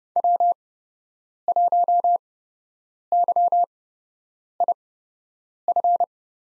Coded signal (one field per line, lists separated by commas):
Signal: Morse code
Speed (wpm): 29 wpm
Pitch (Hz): 700 Hz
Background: none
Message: W1YIF